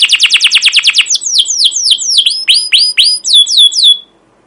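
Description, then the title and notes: Canary song opening with a quick burst of repeated high chirps, followed by a series of falling, sweeping whistled notes. Captive canary; long, continuous chirping song (cuit cuit) used as a lure and tutor recording for young canaries learning to sing. "CUIT CUIT NGEROL LANGSUNG GACOR PANJANG Kenari Ini AMPUH Utk Pancingan KENAR. PANCINGAN Kenari GACOR PANJANG Cuit CUIT EMOSI ini AMPUH utk MASTERAN Kenari PAUD belajar BUNYI. burung kenari"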